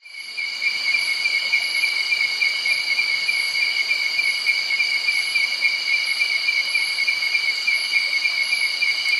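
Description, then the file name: Cicada buzzing densely and continuously, layered with rapid trilling pulses and a higher pulsing whine, fading in at the start and steady afterwards. Insects and cicadas by a nearby creek in early night, Doi Suthep National Park, Thailand. "insects cicada frogs birds creek close by early night doi suthep national park thailand"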